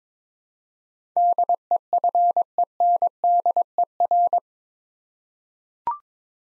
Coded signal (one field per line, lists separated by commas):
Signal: Morse code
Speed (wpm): 22 wpm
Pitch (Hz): 700 Hz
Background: none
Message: DEFENDER